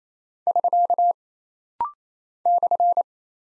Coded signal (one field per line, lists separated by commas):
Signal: Morse code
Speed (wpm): 27 wpm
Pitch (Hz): 700 Hz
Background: none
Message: <SK> /